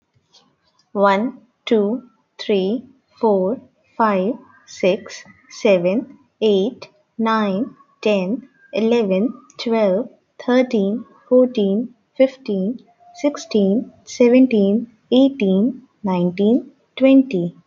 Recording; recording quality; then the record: counting at a normal pace; excellent, no background noise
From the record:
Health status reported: healthy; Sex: female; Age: 30 years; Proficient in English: yes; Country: India